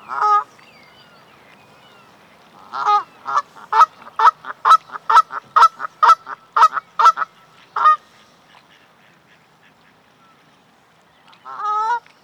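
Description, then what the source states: Bird giving a honk, then a rapid series of short nasal honks, then silence before a final honk. Canada.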